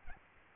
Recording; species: mosquito wingbeat signal from an infrared sensor; Aedes albopictus